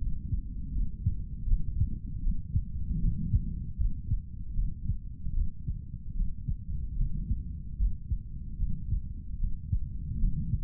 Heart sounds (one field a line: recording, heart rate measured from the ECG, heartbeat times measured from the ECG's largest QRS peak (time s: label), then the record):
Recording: heart sounds by stethoscope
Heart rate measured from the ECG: 76 bpm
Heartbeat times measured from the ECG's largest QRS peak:
0.72 s: heartbeat
1.46 s: heartbeat
2.22 s: heartbeat
3.00 s: heartbeat
3.77 s: heartbeat
4.54 s: heartbeat
5.34 s: heartbeat
6.15 s: heartbeat
6.96 s: heartbeat
7.77 s: heartbeat
8.58 s: heartbeat
9.39 s: heartbeat
10.19 s: heartbeat
From the record:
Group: healthy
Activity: cold pressor test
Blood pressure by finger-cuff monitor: 107/75 mmHg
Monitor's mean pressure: 86 mmHg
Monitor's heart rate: 77 bpm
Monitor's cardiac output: 3.6 L/min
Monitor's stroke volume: 47 mL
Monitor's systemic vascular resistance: 1760 dyn s/cm5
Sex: male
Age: 55 years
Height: 167 cm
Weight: 57.2 kg